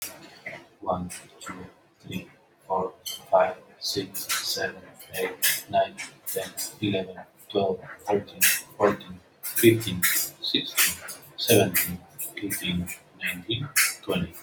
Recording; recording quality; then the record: counting at a normal pace; moderate, slight background noise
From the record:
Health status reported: healthy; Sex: male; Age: 30 years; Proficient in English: yes